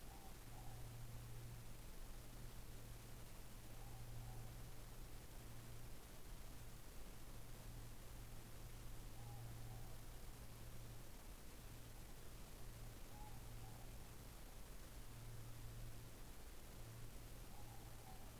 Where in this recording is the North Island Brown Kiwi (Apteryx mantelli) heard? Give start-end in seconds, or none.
none